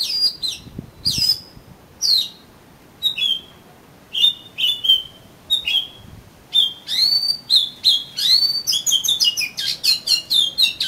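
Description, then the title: Oriental magpie-robin song: spaced whistled slurs at first, then quickening into a dense, varied run of whistles and scratchy notes. "Kacer Kacer"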